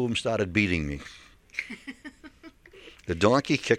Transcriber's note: she laughs